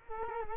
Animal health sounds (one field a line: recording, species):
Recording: mosquito wingbeat signal from an infrared sensor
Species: Culex quinquefasciatus